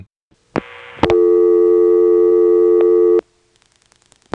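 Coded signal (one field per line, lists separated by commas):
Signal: telephone call progress tone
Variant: North America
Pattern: dial tone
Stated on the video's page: Step-by-step telephone exchange with ESS tones in Washington, North Carolina, 1977.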